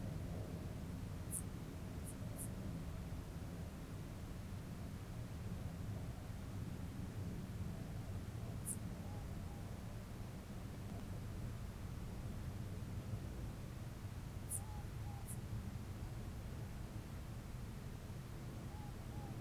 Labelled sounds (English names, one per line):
Morepork more-pork call